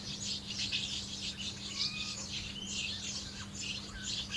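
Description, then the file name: House martin twittering: a fast, dense stream of dry, high chirps with occasional thin whistled notes mixed in. "molnárfecske-hangja"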